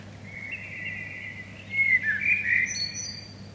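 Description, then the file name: Common blackbird singing a soft, drawn-out fluty warble that swells midway and closes with faint high twittering notes, over a constant low background hum. "Turdus merula"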